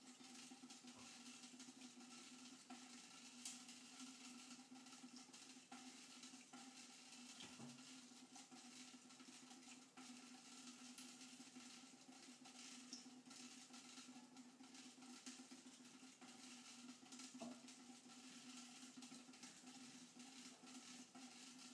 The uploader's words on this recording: ASMR Water Dripping onto Tinfoil.